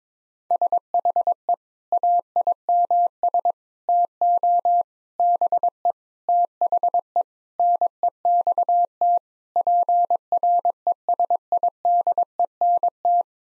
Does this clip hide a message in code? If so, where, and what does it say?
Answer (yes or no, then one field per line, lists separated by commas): yes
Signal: Morse code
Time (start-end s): 0.5-13.2 s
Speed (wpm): 21 wpm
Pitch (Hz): 700 Hz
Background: none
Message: SHE AIMS TO BE THE NEXT PRESIDENT